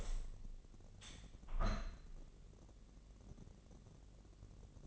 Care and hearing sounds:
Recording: daily activity, microphone in the room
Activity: open window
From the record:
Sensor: 4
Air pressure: 1013.2 hPa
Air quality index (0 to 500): 168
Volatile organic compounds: 2 ppm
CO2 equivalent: 1059 ppm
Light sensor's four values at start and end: 39/96/39/38 and 36/88/36/37

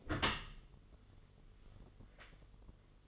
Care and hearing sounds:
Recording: daily activity, microphone in the room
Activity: close dishwasher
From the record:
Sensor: 4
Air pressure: 1015.8 hPa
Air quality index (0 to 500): 106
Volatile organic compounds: 2 ppm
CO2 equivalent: 1189 ppm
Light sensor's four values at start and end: 9/19/7/7 and 8/18/7/7

